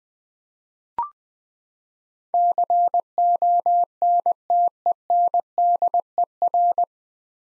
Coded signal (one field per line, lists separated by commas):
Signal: Morse code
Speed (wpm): 20 wpm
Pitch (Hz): 700 Hz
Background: none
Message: CONTENDER